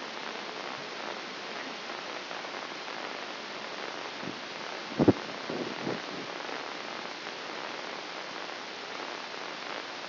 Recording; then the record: brain microelectrode recording played as sound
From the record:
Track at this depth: inside the subthalamic nucleus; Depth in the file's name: 6.105 mm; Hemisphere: left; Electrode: 2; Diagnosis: Parkinson's disease